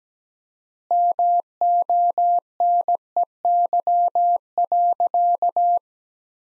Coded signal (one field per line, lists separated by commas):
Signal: Morse code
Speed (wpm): 17 wpm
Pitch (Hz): 700 Hz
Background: none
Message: MONEY.